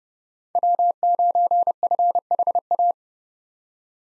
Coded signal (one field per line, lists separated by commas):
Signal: Morse code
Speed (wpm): 31 wpm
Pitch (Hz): 700 Hz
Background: none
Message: W9FHA